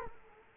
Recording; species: mosquito wingbeat signal from an infrared sensor; Culex quinquefasciatus